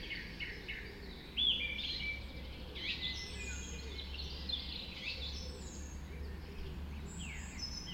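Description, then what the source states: Birds calling and singing at dawn, scattered whistles, short sweeping notes and chirps from several birds over a steady low rumble. Dawn chorus just after dawn in the Forest of Dean.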